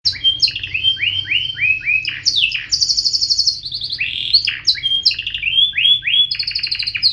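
Bird singing a fast, varied run of high chirps and downward-sweeping whistled notes.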